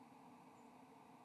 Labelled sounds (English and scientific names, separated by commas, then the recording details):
White-throated Sparrow (Zonotrichia albicollis) flight call
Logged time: 01:57 on 7 November 2014